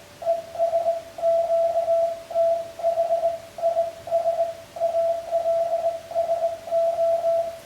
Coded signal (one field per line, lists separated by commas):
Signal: Morse code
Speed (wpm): 18 wpm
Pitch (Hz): 670 Hz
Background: radio noise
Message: ES QTH IS ALSO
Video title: The OST Morse Box - Part 2 : Basic Version